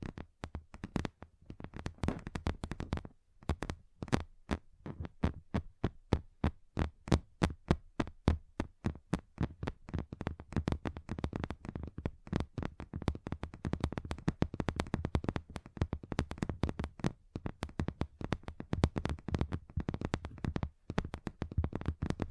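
Fingers tap on a table in quick, uneven bursts of sharp knocks, with brief pauses around three seconds and dense rapid runs later.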